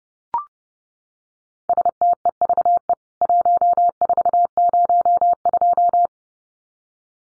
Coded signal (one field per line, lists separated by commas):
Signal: Morse code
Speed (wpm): 30 wpm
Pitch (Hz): 700 Hz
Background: none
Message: STEVE 1402